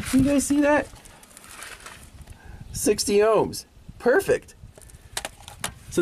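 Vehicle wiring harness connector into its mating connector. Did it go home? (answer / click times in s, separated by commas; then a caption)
yes / 5.2 s, 5.6 s. On an Escalade's CAN bus, a vehicle wiring harness connector that wasn't fully seated is pressed into its mating connector. Someone talks, then two sharp hits at 5.2 s and 5.6 s mark the connector going fully home. The connector is now seated.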